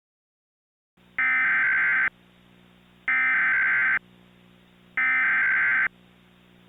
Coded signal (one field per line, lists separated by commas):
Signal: Emergency Alert System (SAME) tones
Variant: header bursts